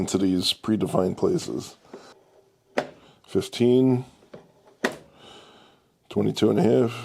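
Someone talks while the miter table of a DeWALT DWS780 miter saw is swung to the next preset angle stop, 22.5 degrees. A sharp, short click at 4.8 s is the detent catching in the angle stop plate, and the table is seated at that stop.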